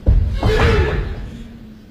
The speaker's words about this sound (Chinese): 而这时，市长大人带着警察局长也瑟瑟发抖，小心翼翼地推开门走进房间。